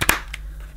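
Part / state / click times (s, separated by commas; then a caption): brush roll into cordless vacuum floor head / seated / 0.1 s. The grey "pull" end of a cleaned brush roll is swivelled and pushed into the plastic floor head of a Shark IF200 Duo Clean cordless vacuum cleaner. A sharp click at 0.1 s, just after a brief knock, is followed by a fainter tick at 0.3 s. The brush roll end clicks into position and is seated.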